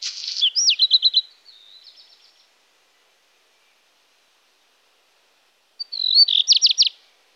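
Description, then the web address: Black redstart song: the tail of one strophe with rattling crackle fading out, a long silence, then a new strophe of whistled and quick clipped notes. "IVN Zangvogels. Zwarte roodstaart"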